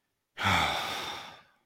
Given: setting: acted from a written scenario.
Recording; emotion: vocal sound without words; anger